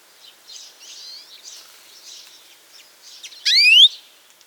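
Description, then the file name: European greenfinch call: a single loud, rising note near the end, preceded by faint soft chirps. "Chloris chloris"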